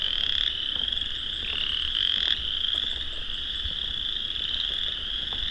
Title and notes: An Evening With Chorus Frogs. Tonight we'll be taking dusk spring walk through the Vinemount Swamp, and will hear thousands, maybe tens of thousands, of chorus frogs. Rob Porter. Songbirding